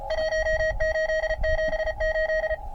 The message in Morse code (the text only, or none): 1878